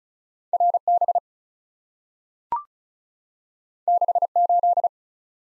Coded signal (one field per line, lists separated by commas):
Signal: Morse code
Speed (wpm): 36 wpm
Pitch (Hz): 700 Hz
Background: none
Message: R B 6 8